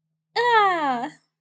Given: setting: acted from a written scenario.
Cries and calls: vocal sound without words; triumph

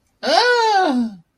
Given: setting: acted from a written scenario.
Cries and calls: vocal sound without words; fear

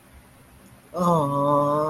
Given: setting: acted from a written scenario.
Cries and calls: vocal sound without words; sadness

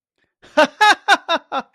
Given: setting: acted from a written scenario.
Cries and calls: vocal sound without words; elation

